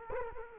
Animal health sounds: mosquito wingbeat signal from an infrared sensor; Culex quinquefasciatus

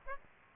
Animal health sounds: mosquito wingbeat signal from an infrared sensor; Aedes aegypti

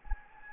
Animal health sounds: mosquito wingbeat signal from an infrared sensor; Anopheles gambiae

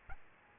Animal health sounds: mosquito wingbeat signal from an infrared sensor; Aedes albopictus

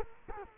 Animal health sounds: mosquito wingbeat signal from an infrared sensor; Culex quinquefasciatus

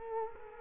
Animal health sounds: mosquito wingbeat signal from an infrared sensor; Culex quinquefasciatus

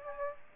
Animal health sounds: mosquito wingbeat signal from an infrared sensor; Aedes aegypti

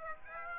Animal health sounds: mosquito wingbeat signal from an infrared sensor; Aedes aegypti

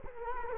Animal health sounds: mosquito wingbeat signal from an infrared sensor; Culex quinquefasciatus

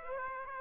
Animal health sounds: mosquito wingbeat signal from an infrared sensor; Aedes aegypti

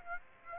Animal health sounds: mosquito wingbeat signal from an infrared sensor; Aedes aegypti

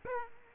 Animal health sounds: mosquito wingbeat signal from an infrared sensor; Aedes aegypti

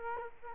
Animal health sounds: mosquito wingbeat signal from an infrared sensor; Culex quinquefasciatus

